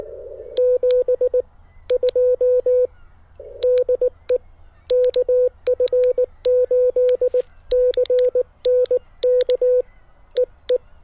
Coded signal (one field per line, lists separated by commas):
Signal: Morse code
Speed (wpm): 19 wpm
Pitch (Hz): 500 Hz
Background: none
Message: 72 DE KF8CNK EE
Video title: My Compact POTA Radio Kit